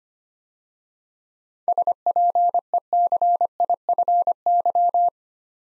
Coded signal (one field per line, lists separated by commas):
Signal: Morse code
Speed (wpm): 25 wpm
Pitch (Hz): 700 Hz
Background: none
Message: SPECIFY